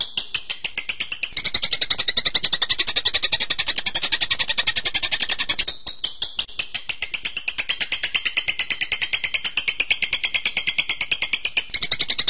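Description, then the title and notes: Bird delivering continuous fast high chatter, regularly pulsed, with a brief dip in the middle before carrying on. Birdsong used to train birds. "MASTERAN BURUNG. suarane manok"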